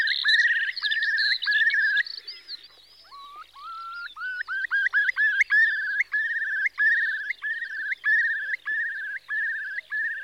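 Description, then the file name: Eurasian curlew song: bubbling trilled notes, then a series of short rising whistles, then a return to steady repeated bubbling phrases, over chattering songbirds. "Storspov"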